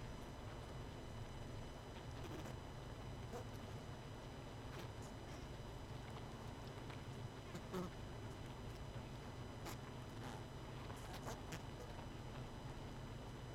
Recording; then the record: honeybee colony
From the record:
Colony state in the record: missing queen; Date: 31 May 2018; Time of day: 20:30